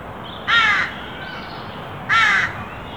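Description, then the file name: Carrion crow cawing: two harsh, raspy caws about a second and a half apart over a quiet background hiss. "Corvus corone"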